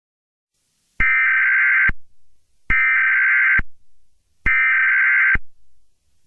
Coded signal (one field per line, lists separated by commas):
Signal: Emergency Alert System (SAME) tones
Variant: header bursts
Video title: EAS Scenario #3: Deadly Fireworks *4th of July Special*